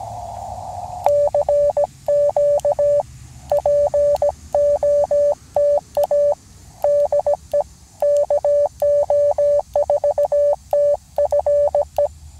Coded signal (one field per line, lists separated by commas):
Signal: Morse code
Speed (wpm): 17 wpm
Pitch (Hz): 580 Hz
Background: radio noise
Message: CQ POTA DE KO4TFE